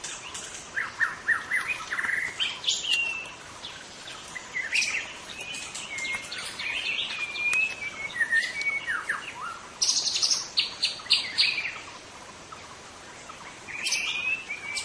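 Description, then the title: White-rumped shama song: a long rich medley of fluty whistles, quick trills and scratchy notes, delivered in dense varied bursts with short pauses. Bird calling in forest. "Suara burung murai batu hutan"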